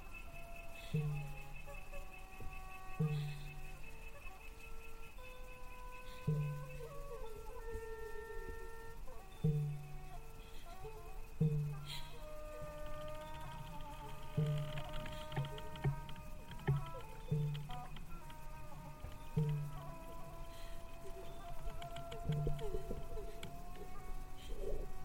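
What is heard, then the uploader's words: A woman's voice sings a slow, wavering lullaby of long held notes that glide between pitches, growing busier after the midpoint. A deep, soft thud pulses underneath every couple of seconds, and a thin high tone hangs steadily in the background throughout. Thai haunted cemetery ASMR Ambience เสียงบรรยากาศหลอนๆ ในป่าช้ากลางดึก.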